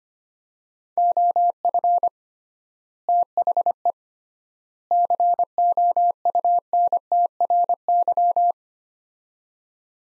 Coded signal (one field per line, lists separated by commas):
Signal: Morse code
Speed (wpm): 25 wpm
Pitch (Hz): 700 Hz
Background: none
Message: OF THE COUNTRY